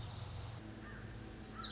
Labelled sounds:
Lazuli Bunting
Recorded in Sonoma County, California

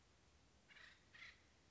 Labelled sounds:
Acorn Woodpecker
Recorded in Sonoma County, California

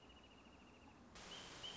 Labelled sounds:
Wrentit
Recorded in Sonoma County, California

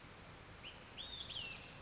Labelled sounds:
Olive-sided Flycatcher
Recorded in Sonoma County, California

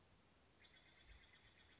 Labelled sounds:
Steller's Jay
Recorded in Sonoma County, California

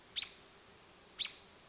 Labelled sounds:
American Robin
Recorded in Sonoma County, California

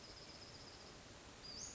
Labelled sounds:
Western Flycatcher
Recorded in Sonoma County, California

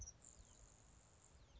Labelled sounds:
Grasshopper Sparrow
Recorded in Sonoma County, California

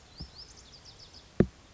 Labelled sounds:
Bewick's Wren
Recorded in Sonoma County, California

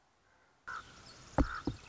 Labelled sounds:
Common Raven
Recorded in Sonoma County, California

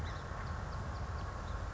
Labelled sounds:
Song Sparrow
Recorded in Sonoma County, California

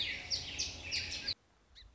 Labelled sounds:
Song Sparrow
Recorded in Sonoma County, California

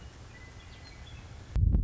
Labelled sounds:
Western Meadowlark
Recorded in Sonoma County, California

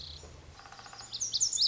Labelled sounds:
Lazuli Bunting
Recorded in Sonoma County, California

